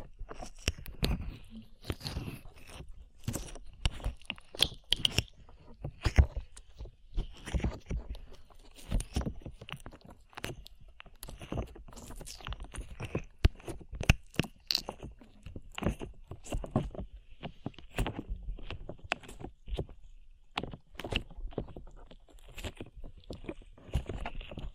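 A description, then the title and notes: Slime is squished and pulled close up, making a dense, irregular stream of wet, sticky pops and crackles that never settles into a rhythm. Sharp snaps stand out every second or so over a soft low handling rumble, with no talking. ASMR SLIME IN YOUR EARS 3Dio Sticky Sounds (No Talking).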